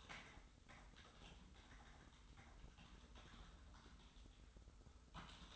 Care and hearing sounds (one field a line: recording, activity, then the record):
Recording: daily activity, microphone in the room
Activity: typing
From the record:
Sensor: 3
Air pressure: 990.9 hPa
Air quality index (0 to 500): 139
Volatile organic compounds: 261 ppm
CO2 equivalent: 4388 ppm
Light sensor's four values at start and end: 36/88/35/34 and 36/88/35/34